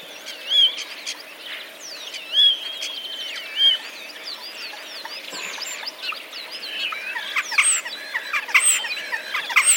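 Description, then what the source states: Common starling song mixing squealing slurred whistles and twangy notes with rapid clicking and chirping, growing busier toward the end. Song mimicking sparrow sounds, 10 April 2023.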